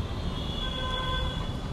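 A button is pressed on the storage compartment lid latch of a 2023 Bajaj Chetak electric scooter, but the latch does not release and the lid stays shut. Only a steady low background rumble with faint high tonal hums is heard. Nothing has clicked or opened yet.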